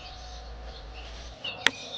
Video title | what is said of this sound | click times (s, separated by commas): Pose PANNEAU SOLAIRE sur VAN AMÉNAGÉ ⚠️ On tente le 100% Collage 🛑 ZÉRO perçage ⚠️ // KIT UNIFIX // | Voilà, donc il y a un clic. Ça s'est super bien passé. | 1.7 s